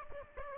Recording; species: mosquito wingbeat signal from an infrared sensor; Aedes albopictus